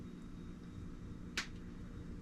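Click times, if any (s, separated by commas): 1.4 s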